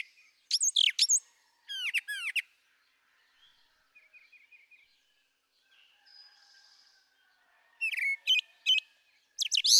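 Brown thrasher song phrases of rapid chirps and slurred notes at the start and end, with a quiet stretch in the middle where softer birds call.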